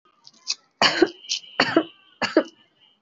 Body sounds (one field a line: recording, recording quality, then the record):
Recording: shallow voluntary cough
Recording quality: excellent, no background noise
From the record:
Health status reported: exposed to COVID-19, no respiratory illness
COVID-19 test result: negative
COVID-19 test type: RT-PCR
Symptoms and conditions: cold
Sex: female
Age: 27 years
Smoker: no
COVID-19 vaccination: both doses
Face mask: worn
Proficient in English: yes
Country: India